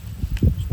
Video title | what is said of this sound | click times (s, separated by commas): UMAREX STRIKE FORCE | to slide it on in Reverse snaps in place it's good to go | 0.4 s